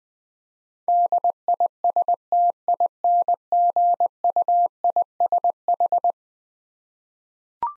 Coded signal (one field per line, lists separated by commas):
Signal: Morse code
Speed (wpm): 20 wpm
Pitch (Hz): 700 Hz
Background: none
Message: DISTINGUISH